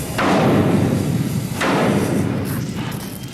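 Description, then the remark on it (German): Heavy steel hammer blows clang twice amid welding equipment, each loud strike trailing off into a long, noisy ringing wash, with a fainter knock toward the end. No voices. “Schon von Weitem hört man den Radau, den Schweißgeräte und Stahlhämmer machen.”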